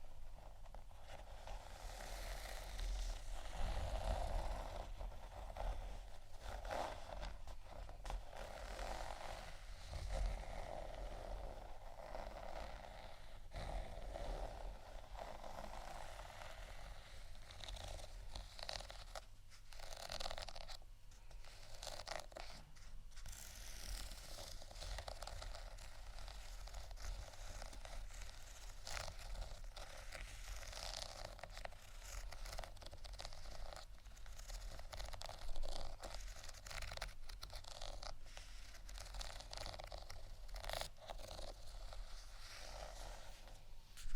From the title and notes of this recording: ASMR Scratch & Tap On Textured Items & beat （No Talking）.